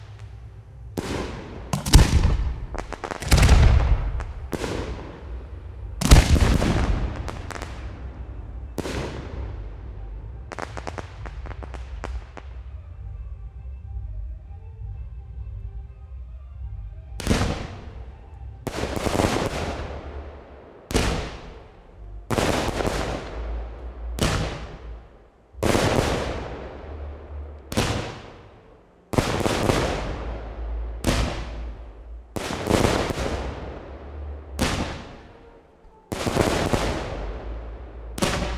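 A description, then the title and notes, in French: Fireworks burst in sharp, loud cracks, an irregular cluster early, a quieter lull with faint crackle mid-clip, then steady regular bangs to the end. Feux d'artifices.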